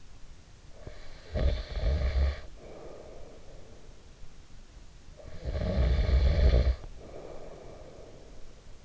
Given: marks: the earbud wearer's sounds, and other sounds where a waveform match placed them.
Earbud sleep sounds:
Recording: sounds in sleep by an in-ear microphone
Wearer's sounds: snoring breath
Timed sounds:
0.57-4.05 s: snoring breath
4.68-8.85 s: snoring breath

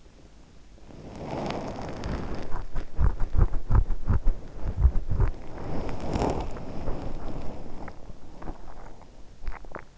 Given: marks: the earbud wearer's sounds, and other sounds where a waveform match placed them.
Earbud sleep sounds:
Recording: sounds in sleep by an in-ear microphone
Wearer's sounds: body movement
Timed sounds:
0.00-9.04 s: body movement

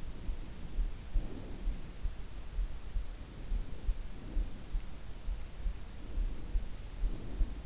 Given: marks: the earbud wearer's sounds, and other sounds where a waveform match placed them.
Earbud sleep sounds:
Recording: sounds in sleep by an in-ear microphone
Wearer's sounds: breath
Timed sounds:
0.00-1.99 s: breath
3.17-4.86 s: breath
5.93-7.63 s: breath

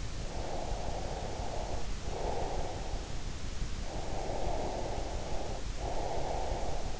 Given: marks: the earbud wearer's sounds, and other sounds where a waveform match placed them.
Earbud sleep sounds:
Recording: sounds in sleep by an in-ear microphone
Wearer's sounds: breath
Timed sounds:
0.18-2.97 s: breath
3.81-7.00 s: breath

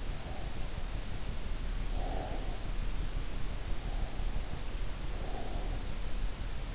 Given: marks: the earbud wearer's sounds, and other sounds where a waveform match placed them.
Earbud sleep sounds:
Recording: sounds in sleep by an in-ear microphone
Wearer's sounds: breath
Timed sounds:
1.61-2.87 s: breath

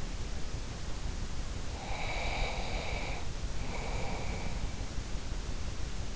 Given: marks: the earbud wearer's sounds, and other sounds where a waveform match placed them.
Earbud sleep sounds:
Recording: sounds in sleep by an in-ear microphone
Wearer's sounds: breath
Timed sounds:
1.56-4.65 s: breath

